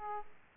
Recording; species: mosquito wingbeat signal from an infrared sensor; Aedes aegypti